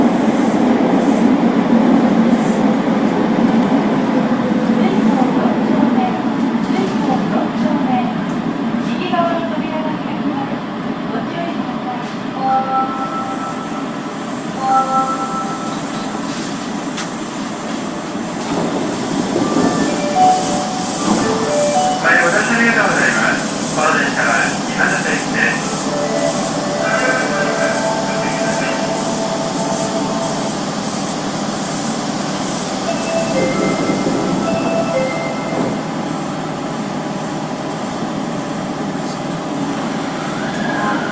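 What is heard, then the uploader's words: An Osaka subway train on the Imazatosuji line runs with a steady low rumble and rolling hum throughout. Speech and announcement-like tones come through in the middle, and from about 19 seconds a bright rapid chatter of rail noise rises above the drone before easing. 大阪市営地下鉄時代の今里筋線の全区間走行音. Travel sound Osaka city municipal subway Imazatosuji line.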